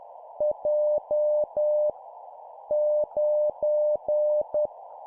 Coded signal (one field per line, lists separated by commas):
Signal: Morse code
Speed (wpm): 10 wpm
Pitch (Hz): 600 Hz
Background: none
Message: J 9